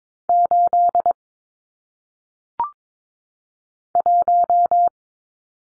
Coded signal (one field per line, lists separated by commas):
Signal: Morse code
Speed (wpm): 22 wpm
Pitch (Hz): 700 Hz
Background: none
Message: 8 1